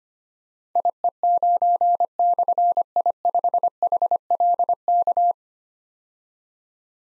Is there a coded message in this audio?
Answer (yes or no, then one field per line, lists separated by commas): yes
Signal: Morse code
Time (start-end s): 0.8-5.3 s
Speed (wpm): 25 wpm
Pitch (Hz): 700 Hz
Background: none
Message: IE9/I5HLK